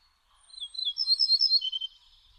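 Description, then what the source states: Ortolan bunting singing a short phrase of clear ringing notes, the first several pitched higher and the last two or three falling a tone lower. Song of softly ringing syllables, the first few a tone higher than the last two or three.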